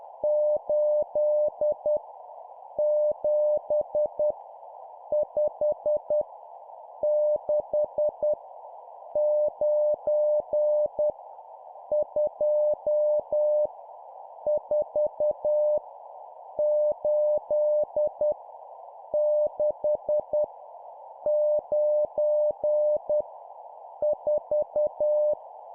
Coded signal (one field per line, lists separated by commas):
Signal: Morse code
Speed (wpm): 10 wpm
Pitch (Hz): 600 Hz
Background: none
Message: 8 7 5 6 9 2 4 8 6 9 4